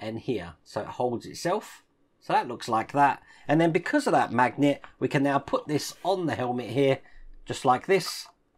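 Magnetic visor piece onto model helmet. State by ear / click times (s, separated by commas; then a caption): not seated / none. A magnetic visor piece for a Robocop model kit is handled and brought up to the kit's plastic or metal helmet, where its magnet will let it snap into place. Someone talks throughout. Nothing has seated or clicked yet by the end of the clip.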